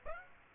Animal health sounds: mosquito wingbeat signal from an infrared sensor; Aedes aegypti

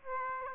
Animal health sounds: mosquito wingbeat signal from an infrared sensor; Aedes aegypti

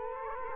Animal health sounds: mosquito wingbeat signal from an infrared sensor; Culex quinquefasciatus

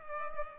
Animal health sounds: mosquito wingbeat signal from an infrared sensor; Culex pipiens

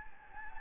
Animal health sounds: mosquito wingbeat signal from an infrared sensor; Anopheles gambiae

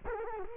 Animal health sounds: mosquito wingbeat signal from an infrared sensor; Culex quinquefasciatus

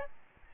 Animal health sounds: mosquito wingbeat signal from an infrared sensor; Aedes albopictus

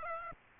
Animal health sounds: mosquito wingbeat signal from an infrared sensor; Aedes aegypti

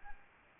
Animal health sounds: mosquito wingbeat signal from an infrared sensor; Anopheles arabiensis

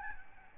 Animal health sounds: mosquito wingbeat signal from an infrared sensor; Aedes albopictus

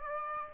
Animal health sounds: mosquito wingbeat signal from an infrared sensor; Aedes aegypti

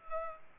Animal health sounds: mosquito wingbeat signal from an infrared sensor; Culex pipiens

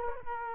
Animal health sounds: mosquito wingbeat signal from an infrared sensor; Culex quinquefasciatus

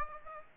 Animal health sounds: mosquito wingbeat signal from an infrared sensor; Aedes aegypti

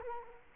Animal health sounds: mosquito wingbeat signal from an infrared sensor; Culex quinquefasciatus

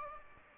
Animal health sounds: mosquito wingbeat signal from an infrared sensor; Aedes aegypti

